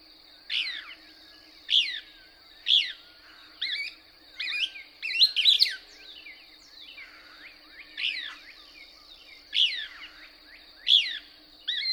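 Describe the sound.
Couch's Kingbird song: sharp, down-slurred twittering notes repeated roughly once a second, with a brief flurry midway and a continuous high thin hum.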